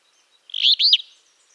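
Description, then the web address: Northern Beardless-Tyrannulet song: a short, bright phrase of a quick stuttered lead-in followed by two sharp, high, rising-falling notes, clean and brief. "cantos mosquetaboreal"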